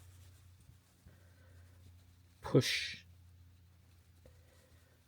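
Small plastic drive shaft parts for an Orlandoo Hunter OH32V01 1/32 RC truck kit are handled and lined up, with the tab end of the drive shaft already in its mating part, ready to be pushed together. Over a steady low hum, someone talks, a louder burst of sound rises around 2.5 to 3.0 seconds, and a faint brief tick comes at about 4.3 seconds. Nothing has been pushed together or clicked yet.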